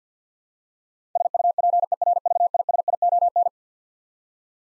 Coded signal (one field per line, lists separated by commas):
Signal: Morse code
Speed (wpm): 50 wpm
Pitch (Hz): 700 Hz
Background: none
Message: SUPERVISION